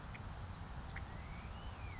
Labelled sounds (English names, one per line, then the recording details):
Savannah Sparrow
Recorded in Sonoma County, California